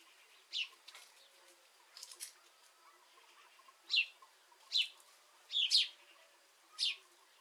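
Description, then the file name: House sparrow chirping irregularly, several single and paired chirps of varying loudness, over a faint hiss. "Passer domesticus"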